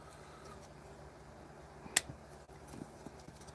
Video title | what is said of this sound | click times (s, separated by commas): Siyang Culture SY-02 005 Seizan & 006 Suiken Set of 2 | You can hear it snap in place. I like when things snap in place. | 2.0 s